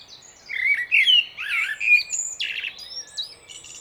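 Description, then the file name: Common blackbird producing squeaky chirps and short warbled notes, loudest in the first half, followed by scratchier, softer calls. "Turdus merula"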